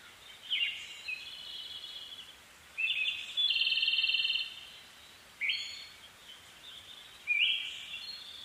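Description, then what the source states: Siberian thrush giving short swooping phrases about every two seconds, one followed by a steady buzzy, pulsed trill, against soft background hiss. Recorded 2 June 2010 at 03:44.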